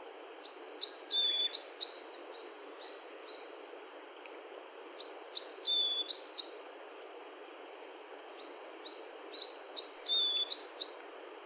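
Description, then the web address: Bird song: bursts of high, chirping notes with a thin whistle in the middle, repeated roughly every four to five seconds over a steady background hiss. "yacho koe"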